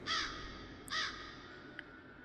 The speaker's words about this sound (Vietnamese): quạ gồm mấy chục con đang đậu trên ngọn cây dầu cao gần đó giật mình mà bay loạn xạ, buông ra những tiếng quạ quạ inh ỏi.